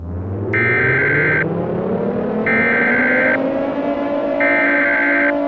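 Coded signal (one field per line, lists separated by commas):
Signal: Emergency Alert System (SAME) tones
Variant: header bursts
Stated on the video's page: Fictional EAS scenario episodes; the alert tones are part of simulated, made-up emergencies.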